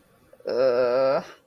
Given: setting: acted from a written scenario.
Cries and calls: vocal sound without words; shame

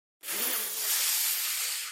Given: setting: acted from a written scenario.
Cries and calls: vocal sound without words; pain

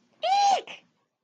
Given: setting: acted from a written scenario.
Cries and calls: vocal sound without words; fear

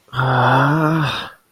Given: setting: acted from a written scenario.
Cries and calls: vocal sound without words; shame

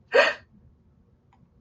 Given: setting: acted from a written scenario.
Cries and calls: vocal sound without words; fear

